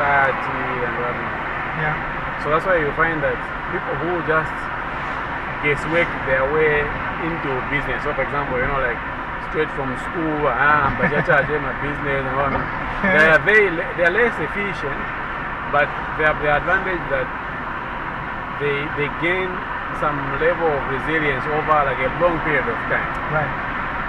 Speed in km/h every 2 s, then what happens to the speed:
62, 64, 65, 65, 64, 64, 63, 64, 66, 68, 69, 70.
0-24 steady at about 64.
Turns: none.